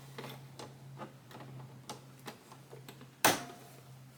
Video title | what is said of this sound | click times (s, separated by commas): Embroidering A Smiley Face Youth Hoodie Using My Brother PE-800 | There, I heard the click. | 3.2 s